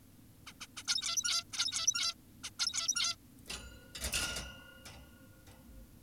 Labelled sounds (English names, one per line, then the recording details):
Zebra Finch
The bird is an adult
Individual g17y2U